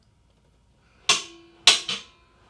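A hose is pulled out past the holding point of a retractable hose reel, and the reel's ratchet latch releases with loud, sharp clicks at 1.1 s and 1.7 s, followed by a softer click at 1.9 s. The latch releases and the hose starts to retract.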